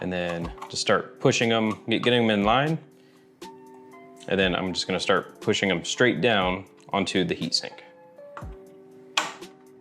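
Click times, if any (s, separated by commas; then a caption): 9.2 s. Retaining clips on an original Xbox One console are hooked on and pushed straight down onto its metal heatsink, while someone talks over background music. A sharp click at 9.2 s marks a clip locking into place on the heatsink.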